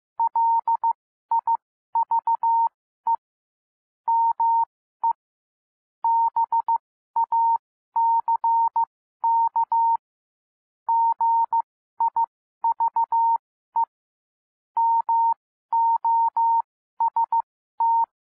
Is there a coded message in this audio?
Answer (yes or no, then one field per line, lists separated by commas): yes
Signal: Morse code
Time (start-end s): 0.2-18.0 s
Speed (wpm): 15 wpm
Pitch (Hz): 920 Hz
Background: none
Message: LIVE ME BACK GIVE MOST